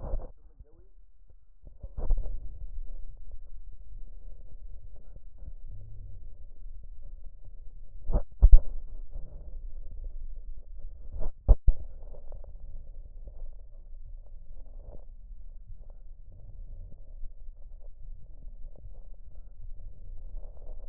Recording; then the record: lung sounds by stethoscope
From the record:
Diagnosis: chronic bronchitis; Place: left posterior upper chest